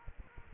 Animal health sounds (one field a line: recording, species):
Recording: mosquito wingbeat signal from an infrared sensor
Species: Aedes aegypti